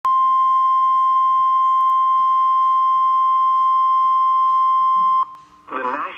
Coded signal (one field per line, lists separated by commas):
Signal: Emergency Alert System (SAME) tones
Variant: 1050 Hz attention tone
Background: speech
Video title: NOAA Weather Radio EAS Alert #31 (Tornado Warning)